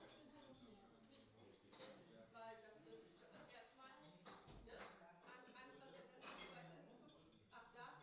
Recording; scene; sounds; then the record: everyday scene through a hearing-aid microphone; many people talking; many voices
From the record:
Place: parish hall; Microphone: in the ear canal, left